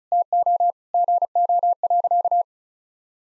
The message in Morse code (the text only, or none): TO GO.